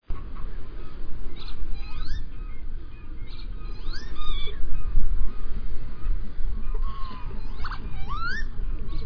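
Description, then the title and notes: Northern lapwing uttering scattered rising, slurred calls against heavy low wind noise. "Lyden av en vipe by forskningno"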